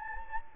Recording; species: mosquito wingbeat signal from an infrared sensor; Anopheles gambiae